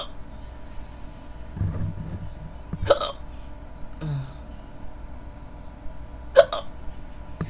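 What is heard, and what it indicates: Four sudden, sharp gulping clicks come roughly every three to four seconds, with soft murmured voice sounds in between over a steady low hum. These are recurrent hiccups in an adult woman, late at night.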